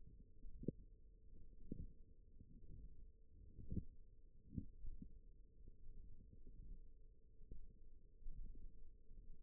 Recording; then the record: forearm muscle sounds (acoustic myography)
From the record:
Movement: ulnar deviation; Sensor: system 1, eight BSWA MPA416 microphones around the upper forearm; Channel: 4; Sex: female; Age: 20 years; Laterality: right